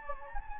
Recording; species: mosquito wingbeat signal from an infrared sensor; Anopheles gambiae